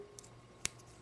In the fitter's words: It just snaps right in between the little fold in his glove right there